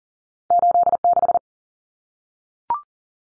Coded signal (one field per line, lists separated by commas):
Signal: Morse code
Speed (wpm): 40 wpm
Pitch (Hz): 700 Hz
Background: none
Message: 86